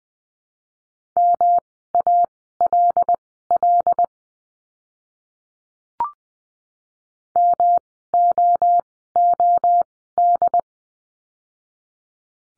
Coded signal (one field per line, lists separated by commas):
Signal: Morse code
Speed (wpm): 20 wpm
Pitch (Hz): 700 Hz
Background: none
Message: MALL MOOD